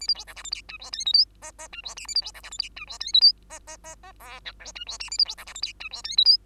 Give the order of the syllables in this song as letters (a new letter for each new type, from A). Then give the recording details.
A B C D E F G H I J K L M M H I N A B C D E F G H I J K L M M M M O P Q H I N A B C D E F G H I J K L. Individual Bird2